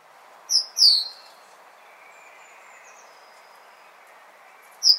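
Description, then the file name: Great tit giving a few loud, high chirps that drop quickly in pitch, with faint thin tones between them. "Parus major"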